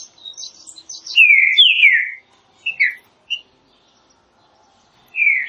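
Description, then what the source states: Green-winged saltator song: faint high twittering, then rich slurred whistled phrases falling in pitch, followed by a few short notes. Classic song used for song training.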